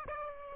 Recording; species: mosquito wingbeat signal from an infrared sensor; Aedes aegypti